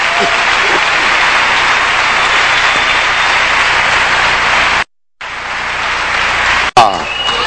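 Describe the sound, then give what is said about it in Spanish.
Loud, sustained applause from an audience during a sermon, called for by the preacher, a dense steady clatter of many hands clapping that cuts out abruptly for a moment, resumes, then ends with a sharp burst. “Un aplauso fuerte.”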